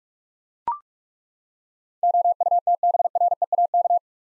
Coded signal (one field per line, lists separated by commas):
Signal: Morse code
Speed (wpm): 43 wpm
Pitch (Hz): 700 Hz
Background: none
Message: OUTBREAK